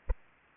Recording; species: mosquito wingbeat signal from an infrared sensor; Aedes aegypti